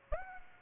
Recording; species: mosquito wingbeat signal from an infrared sensor; Aedes aegypti